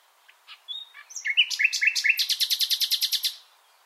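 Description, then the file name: Common nightingale song phrase: soft scattered notes build into a loud run of many rapid, evenly repeated chattering notes, ending abruptly. "Luscinia megarhynchos"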